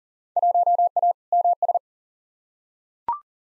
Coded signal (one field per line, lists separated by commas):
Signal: Morse code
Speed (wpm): 40 wpm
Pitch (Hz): 700 Hz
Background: none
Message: 1A MS